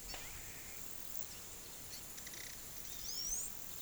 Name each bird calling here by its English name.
Rusty-margined Flycatcher, Palm Tanager